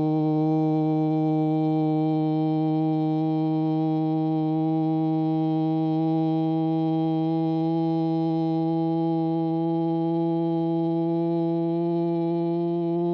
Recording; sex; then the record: sustained vowel /u/; male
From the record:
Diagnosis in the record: Parkinson's disease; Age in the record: 75 years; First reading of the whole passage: 62 s, 8.3 characters per second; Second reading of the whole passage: 57 s, 9.2 characters per second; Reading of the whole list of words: 53 s, 5.3 characters per second